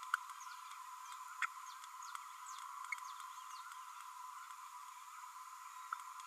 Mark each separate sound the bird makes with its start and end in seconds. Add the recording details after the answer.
1.42-1.46. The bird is a female. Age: 31 days. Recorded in a nest box in Venezuela. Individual 17B32A7